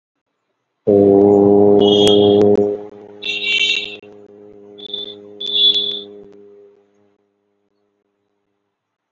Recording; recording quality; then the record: sustained vowel as in boot; moderate, slight background noise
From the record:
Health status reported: healthy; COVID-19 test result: not tested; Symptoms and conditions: none ticked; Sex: male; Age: 41 years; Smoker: not ticked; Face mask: not worn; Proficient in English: yes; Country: India